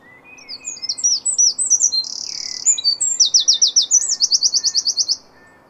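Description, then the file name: Eurasian wren song, loud and very high: quick varied twitters, a buzzy trill, then a long rattling run of rapid repeated notes before it stops abruptly. "Troglodytes troglodytes"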